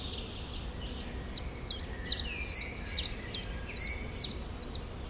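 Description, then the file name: Common chiffchaff song: a steady string of high, sharp, downslurred notes. "zilpzalp"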